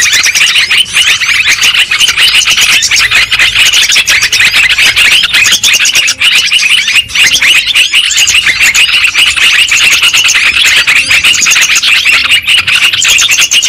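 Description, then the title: Lovebird flock chatter, unbroken high-pitched squeaks and twittering notes overlapping throughout, loud and steady. Lovebird calls used as a lure sound for trapping birds. "PIKAT BURUNG LOVEBIRD"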